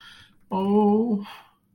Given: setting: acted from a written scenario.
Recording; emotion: vocal sound without words; distress